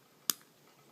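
A retaining clip is hooked down into its spot in an Evercast Horizon Camo Fishoflauge fishing reel during a bearing upgrade. A single sharp, bright click is heard at 0.3 s against a quiet background, quickly fading. The clip seats and clicks into place.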